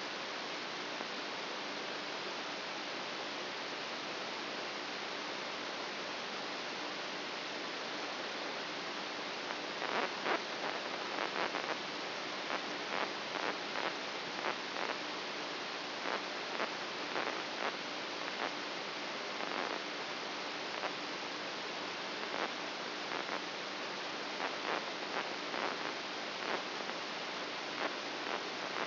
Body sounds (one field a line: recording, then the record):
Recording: brain microelectrode recording played as sound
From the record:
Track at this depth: inside the subthalamic nucleus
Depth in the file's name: 3.44 mm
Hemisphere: right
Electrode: 2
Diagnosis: Parkinson's disease